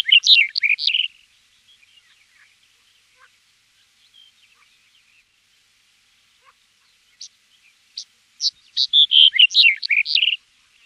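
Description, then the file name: Corn bunting singing short, jangling, scratchy phrases, one at the start and a longer burst near the end, separated by a quiet gap with faint ticks. Filtered recording. "STRILLOZZO"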